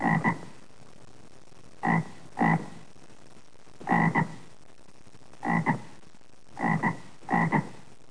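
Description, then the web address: Frog croaks in short bursts, low and throaty with a brighter upper edge, repeated several times with quiet gaps between. "Opti Micro-Your Ultimate Multi Media CD. frog"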